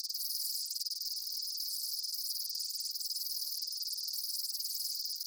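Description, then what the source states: Insects chirring in an unbroken shrill chorus, steady and high, with faint swells and a few lower pulses. Summer afternoon in a field.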